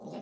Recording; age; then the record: pig call; piglet (1 to 25 days)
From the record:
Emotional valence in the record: negative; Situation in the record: long isolation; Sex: female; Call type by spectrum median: low-frequency call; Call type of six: mixed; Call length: 0.22 s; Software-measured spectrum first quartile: 247 Hz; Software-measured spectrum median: 444 Hz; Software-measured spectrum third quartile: 747 Hz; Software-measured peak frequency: 226 Hz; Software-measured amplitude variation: 96 dB a second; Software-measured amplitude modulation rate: 20.1 a second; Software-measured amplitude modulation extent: 4.8 dB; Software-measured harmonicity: 1.7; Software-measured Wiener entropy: -0.06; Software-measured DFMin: 1018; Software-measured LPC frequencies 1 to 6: 543, 2016, 2818, 3904, 5166, 5928 Hz